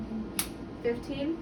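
A spot-size adjuster on a laser hair removal handpiece is slid into its next notch after the release button is pressed. A sharp click at 0.4 s marks it seating into place. Someone then talks and names the new setting, 15.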